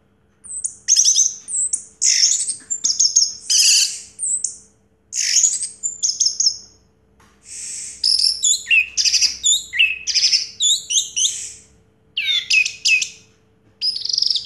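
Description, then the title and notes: Orange-headed thrush song: a rich, varied run of high, scratchy and whistled phrases in quick bursts, with short pauses between strophes. A 'teler' style song with a clear voice; the bird's full range of sounds. "Anis Merah Teler Suara Jernih. kumpulan suara anis merah lengkap"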